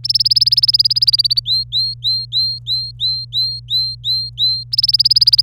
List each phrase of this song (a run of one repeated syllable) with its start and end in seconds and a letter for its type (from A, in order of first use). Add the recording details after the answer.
0.04-1.40 A, 1.45-4.63 B, 4.72-5.41 A. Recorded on 25 April 2018 at 17:28. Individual llb3